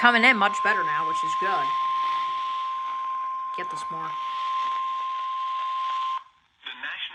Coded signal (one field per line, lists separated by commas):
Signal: Emergency Alert System (SAME) tones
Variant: 1050 Hz attention tone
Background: speech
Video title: AND THERE GOES THE WIFI.. EAS Alerts from 4/5/22 - (EAS #407-#422)